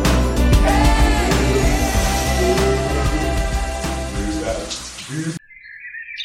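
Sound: shower water running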